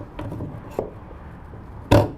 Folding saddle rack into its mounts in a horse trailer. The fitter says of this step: pops into place